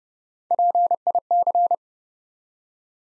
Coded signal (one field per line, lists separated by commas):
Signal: Morse code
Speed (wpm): 29 wpm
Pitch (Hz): 700 Hz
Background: none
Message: PIC